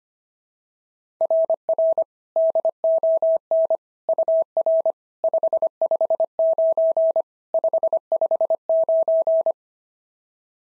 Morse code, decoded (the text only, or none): RR DON UR 559 559